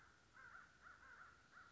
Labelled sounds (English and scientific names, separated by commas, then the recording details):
American Crow (Corvus brachyrhynchos)
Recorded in Sonoma County, California